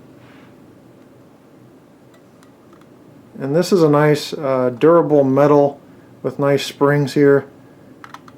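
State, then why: Seated. Someone talks about the spring-loaded, durable metal pantograph on the roof of a Bachmann GG1 HO-scale model locomotive, with faint ticks around 2.4 to 2.8 seconds. The pantograph is then pressed down and latches into place with a sharp click at 8.0 seconds, followed by a couple of quick small clicks.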